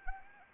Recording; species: mosquito wingbeat signal from an infrared sensor; Anopheles arabiensis